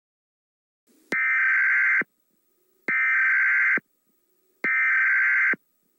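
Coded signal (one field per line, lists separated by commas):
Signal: Emergency Alert System (SAME) tones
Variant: header bursts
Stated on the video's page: Experimental edit using EAS tones taken from other sources.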